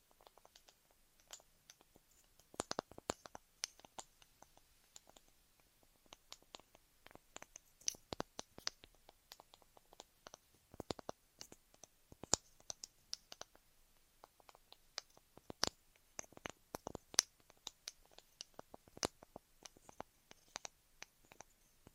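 Ear massage and cleaning sounds: dense, irregular crisp clicks and scratchy taps throughout, with brief bright crackles and quiet gaps between bursts.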